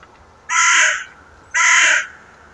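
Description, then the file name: Carrion crow giving two harsh, hoarse caws about a second apart, each roughly half a second long, over a low steady background hum. "Corvus corone"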